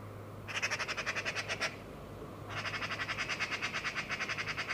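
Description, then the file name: Eurasian magpie chattering in rapid harsh rattling bursts: one short burst, then a longer rattle after a short pause; low steady hum underneath. "Pica pica"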